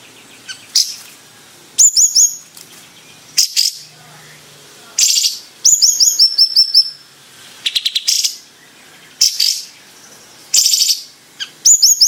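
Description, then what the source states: Bayeman song: repeated bursts of high, sharp chirps and stepped trills. Bird described as 'gacor'.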